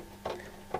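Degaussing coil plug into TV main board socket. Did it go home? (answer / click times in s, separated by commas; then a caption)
no / none. During reassembly of an LG 68cm CRT TV (CF29H30 with RGB Scart), the degaussing coil's plastic plug is handled near its socket on the main board. Two brief handling knocks are heard at about 0.3 s and 0.7 s over a faint steady hum. Nothing has seated or clicked yet.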